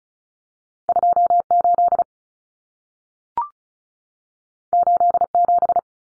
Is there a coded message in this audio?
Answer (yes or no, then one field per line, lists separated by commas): yes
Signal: Morse code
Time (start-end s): 0.9-5.8 s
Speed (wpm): 36 wpm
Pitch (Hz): 700 Hz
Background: none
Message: 28 87